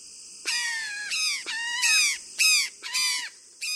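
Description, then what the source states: Brown Jay calls: loud, harsh, screaming notes with a downward slur, repeated in a series, with a steady high buzz in the background. Raucous calls of a flock; cooperative breeders, the whole flock tends one nest of four eggs laid by one female, each bird bringing food to the young.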